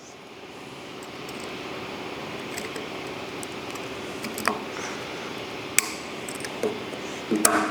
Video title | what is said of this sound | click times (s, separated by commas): How To Assemble & Use Your AMPW Transmission Rotary Brush | You want to make sure you hear them click in place. So now they're locked in place. | 5.8 s, 7.5 s